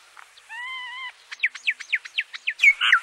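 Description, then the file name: Common myna calls: a level, slightly wavering whistle followed by a fast series of sharp descending chirps and a final harsh, throaty note. "Indian Myna"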